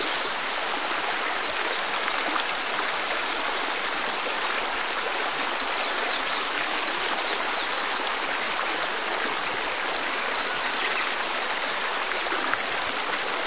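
A sound of nature: flowing water, like a stream, rushes steadily for the whole clip. The wash is dense and bright, with almost no deep rumble and an even loudness throughout. No separate events or other sounds stand out.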